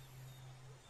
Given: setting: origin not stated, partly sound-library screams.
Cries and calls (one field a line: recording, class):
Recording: one-second piece from a danger detection set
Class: normal situation